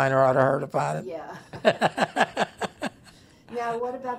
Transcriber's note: both laugh